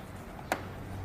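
A small flat screwdriver prises up the plastic clip holding the door lock rod on the door lock linkage of a Toyota Land Cruiser 200 Series or Lexus LX570 door. Against a low steady background, a faint tick at 0.4 s comes before a sharp, bright click at 0.5 s as the clip pops open and releases the rod. Nobody talks during the clip.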